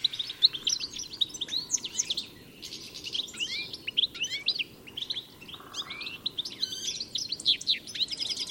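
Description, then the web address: Birds calling in a dense, overlapping chorus of high chirps, sweeping whistles and rapid trills, with a steady low background hiss throughout. "Deverinetal. Bird Only"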